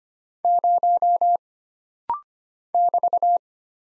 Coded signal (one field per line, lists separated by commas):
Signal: Morse code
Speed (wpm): 25 wpm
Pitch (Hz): 700 Hz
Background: none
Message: 0 <BT>